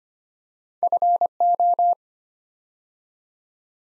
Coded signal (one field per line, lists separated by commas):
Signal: Morse code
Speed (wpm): 25 wpm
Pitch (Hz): 700 Hz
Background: none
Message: FO